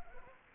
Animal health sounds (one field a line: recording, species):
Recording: mosquito wingbeat signal from an infrared sensor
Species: Anopheles gambiae